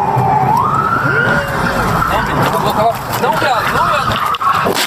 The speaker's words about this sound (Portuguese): Ligou a sirene? Ultrapassou ali a outra viatura. Ligou a sirene pra fazer o racha, cara. Incrível.